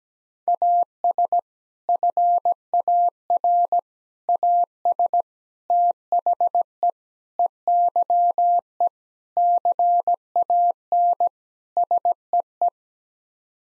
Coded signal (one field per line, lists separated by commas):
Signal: Morse code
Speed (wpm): 17 wpm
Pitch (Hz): 700 Hz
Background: none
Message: AS FAR AS THE EYE CAN SEE